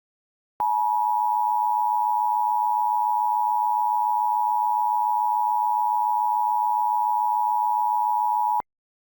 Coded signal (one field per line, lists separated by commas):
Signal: Emergency Alert System (SAME) tones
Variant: 853 and 960 Hz attention tone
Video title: EAS Scenario - Transformed Remastered